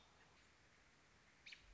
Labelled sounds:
American Robin (Turdus migratorius)

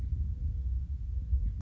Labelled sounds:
Mourning Dove (Zenaida macroura)

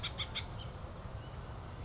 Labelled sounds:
House Finch (Haemorhous mexicanus)

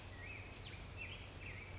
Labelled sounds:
Black-headed Grosbeak (Pheucticus melanocephalus)

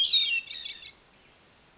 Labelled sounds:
Hermit Thrush (Catharus guttatus)

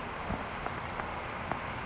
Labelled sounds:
California Towhee (Melozone crissalis)

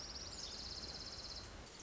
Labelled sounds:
Orange-crowned Warbler (Leiothlypis celata)

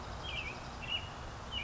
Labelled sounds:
American Robin (Turdus migratorius)

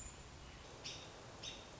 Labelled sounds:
American Robin (Turdus migratorius)

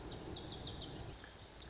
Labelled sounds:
Lazuli Bunting (Passerina amoena)

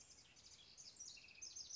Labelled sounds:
House Wren (Troglodytes aedon)

